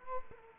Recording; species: mosquito wingbeat signal from an infrared sensor; Culex quinquefasciatus